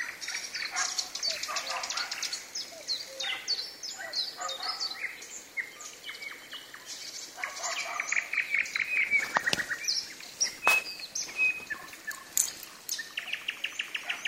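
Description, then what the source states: Common nightingale song, restless varied phrases mixing rattles, piping whistles and dry clicks, ending in a fast even series of repeated notes. Singing in the evening, with thunder.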